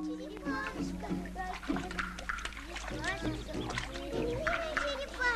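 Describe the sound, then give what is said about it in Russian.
Water splashes and sloshes in a gutter in irregular bursts as children bathe a rescued turtle in it, their high voices chattering and exclaiming over it throughout. “Дети купают спасенную черепаху в водосточном желобе.”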